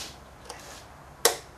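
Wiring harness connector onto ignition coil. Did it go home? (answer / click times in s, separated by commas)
yes / 0.5 s, 1.2 s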